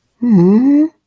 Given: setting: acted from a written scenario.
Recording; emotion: vocal sound without words; sympathy